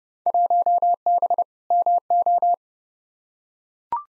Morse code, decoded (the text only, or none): 1B MO